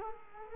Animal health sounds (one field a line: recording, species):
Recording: mosquito wingbeat signal from an infrared sensor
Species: Culex quinquefasciatus